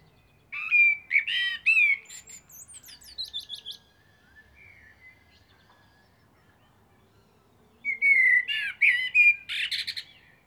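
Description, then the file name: Eurasian blackbird singing two warbled phrases, each opening with low fluted notes and ending in high squeaky twitters, separated by several seconds of near silence with faint notes. "Turdus merula"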